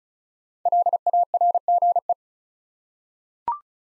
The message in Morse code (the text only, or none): LARGE